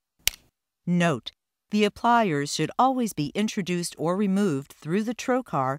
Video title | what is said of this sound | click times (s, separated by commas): Autosuture - Stapler - EndoClip10mm ClipApplier Inservice Video | an audible click will be heard to confirm loading of the clip | 0.3 s